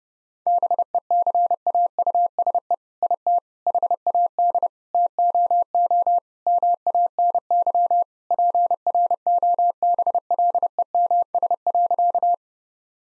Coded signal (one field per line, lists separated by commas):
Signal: Morse code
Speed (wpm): 30 wpm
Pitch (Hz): 700 Hz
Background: none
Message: BECAUSE IT HAD TOO MANY PROBLEMS.